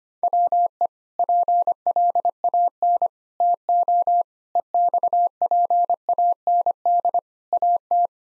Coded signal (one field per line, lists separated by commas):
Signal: Morse code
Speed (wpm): 25 wpm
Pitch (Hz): 700 Hz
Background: none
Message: WE PLAN TO EXPAND AT